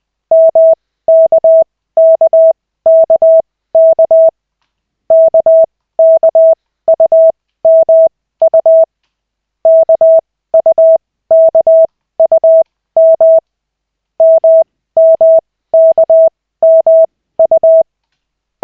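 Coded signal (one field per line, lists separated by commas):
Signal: Morse code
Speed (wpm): 20 wpm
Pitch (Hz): 650 Hz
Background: none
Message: MKKKK KKUMU KUKUM MMKMU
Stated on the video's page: Koch-method Morse practice, lesson 2 of 40, in 5-minute sessions generated by the LCWO.net website.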